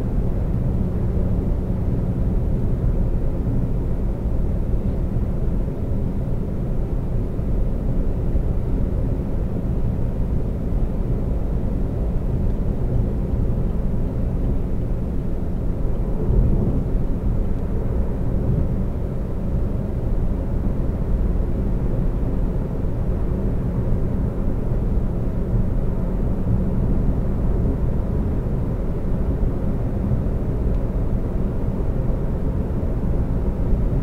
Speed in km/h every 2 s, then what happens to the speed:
130, 130, 130, 130, 130, 130, 130, 130, 130, 130, 130, 130, 130, 130, 130, 130, 130.
0-34 steady at about 130.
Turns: none.